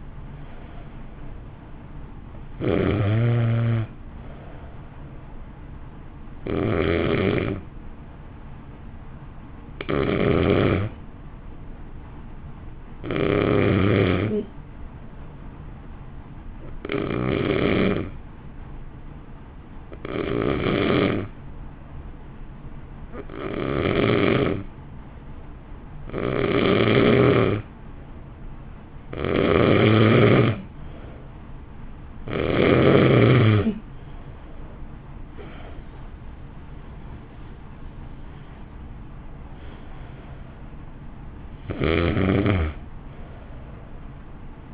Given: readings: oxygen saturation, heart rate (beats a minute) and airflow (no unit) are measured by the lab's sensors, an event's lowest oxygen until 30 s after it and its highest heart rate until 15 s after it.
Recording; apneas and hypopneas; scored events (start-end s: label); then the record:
breathing in sleep by a smartphone at the bedside; 1
10.00-36.30 s: hypopnea (N1, oxygen 94% highest, then 88% lowest, heart rate 52 at the start, 61 highest)
18.00-44.74 s: new sleep stage, N2 (light sleep)
From the record:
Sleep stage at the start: N1 (lightest sleep); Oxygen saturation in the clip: 88 to 94%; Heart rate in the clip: 50 to 61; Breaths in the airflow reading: 9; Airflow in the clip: -1.3 to 1.7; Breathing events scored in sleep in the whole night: 328 in 6.3 hours asleep